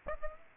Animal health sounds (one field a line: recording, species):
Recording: mosquito wingbeat signal from an infrared sensor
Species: Aedes aegypti